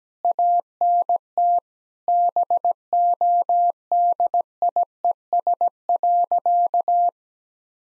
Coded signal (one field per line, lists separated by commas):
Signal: Morse code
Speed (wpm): 17 wpm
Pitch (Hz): 700 Hz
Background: none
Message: ANT BODIES.